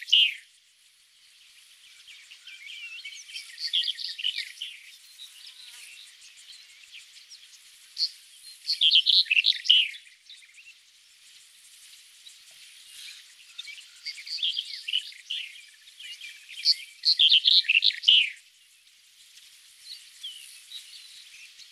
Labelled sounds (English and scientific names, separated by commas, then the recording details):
Red-headed Bunting (Emberiza bruniceps) song
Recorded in the wild
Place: Tahtakaraca-Pass 1788 m (Alexanderpass), UZ
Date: 2001-05-22
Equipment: MiniDisc Sharp MT 20 H
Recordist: Schwarz, Dieter